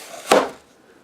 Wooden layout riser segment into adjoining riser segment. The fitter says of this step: But let's snap all this back into place,